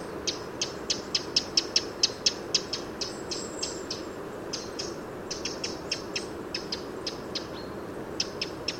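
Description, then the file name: Eurasian wren calling with rapid hard ticks, fast at first, then looser and uneven, with a thin high whistle briefly audible behind, over steady low rumbling noise. "Troglodytes troglodytes"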